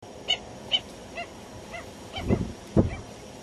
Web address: cantos gallachica